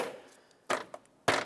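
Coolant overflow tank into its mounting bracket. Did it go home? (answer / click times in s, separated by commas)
yes / 1.3 s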